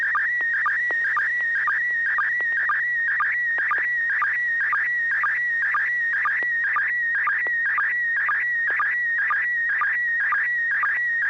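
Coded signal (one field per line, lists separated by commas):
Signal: SSTV (slow-scan television)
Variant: PD120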